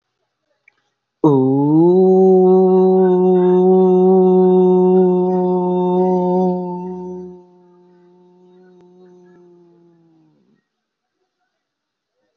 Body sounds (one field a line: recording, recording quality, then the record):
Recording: sustained vowel as in boot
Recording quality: excellent, no background noise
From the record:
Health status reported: healthy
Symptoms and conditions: none ticked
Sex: male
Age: 26 years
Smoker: not ticked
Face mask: not worn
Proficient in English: yes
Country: India